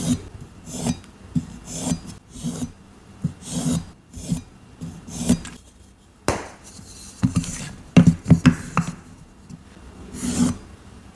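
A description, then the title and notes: Gym chalk is being shaved and cut in a series of short, dry scraping strokes, roughly one every second or so, each a gritty rasp with a hissy top. Around eight seconds a few quick, sharper scrapes cluster together, with brief quiet gaps between strokes throughout. Cutting & Shaving Plain Gym Chalk Prep. ASMR triggers cutting, shaving, chopping gym chalk and more.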